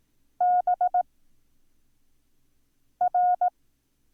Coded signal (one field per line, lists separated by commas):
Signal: Morse code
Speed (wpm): 18 wpm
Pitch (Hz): 720 Hz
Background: none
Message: B R